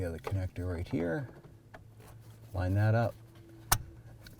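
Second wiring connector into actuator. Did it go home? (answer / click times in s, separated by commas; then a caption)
yes / 3.7 s. While a blend door actuator is being replaced on a 2007-17 Jeep Wrangler, someone talks as the second plastic wiring connector is lined up and pressed onto the actuator. A sharp click at 3.7 s marks the connector seating.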